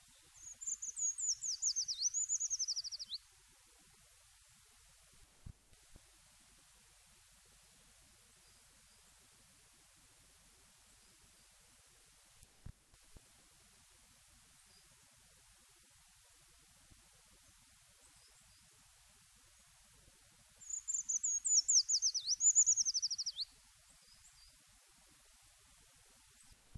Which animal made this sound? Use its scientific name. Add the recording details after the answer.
Certhia familiaris. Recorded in the wild. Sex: male. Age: adult. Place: Erlangen, Bayern, DE. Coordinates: 49.5686, 11.0064. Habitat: forest. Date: 1965-06-18. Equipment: Original, Vollspur, Parabolspiegel Grampian. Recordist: Tretzel, Erwin